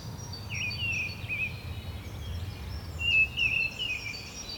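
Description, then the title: Birds calling with a few clear warbled chirps, one louder phrase after the middle, and thin high notes behind, over low background rumble. Bird ambience at Rue du Rossignol, Seneffe, Belgium; recorded with Sony PCM-D100 internal microphones. "Rue du Rossignol 7, 7180 Seneffe, Belgique - Birds ambience"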